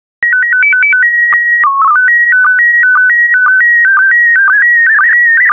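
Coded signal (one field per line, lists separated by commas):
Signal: SSTV (slow-scan television)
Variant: PD 120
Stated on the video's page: SSTV PD120 images sent as daily decoding practice, with audio prompts.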